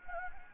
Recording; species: mosquito wingbeat signal from an infrared sensor; Anopheles gambiae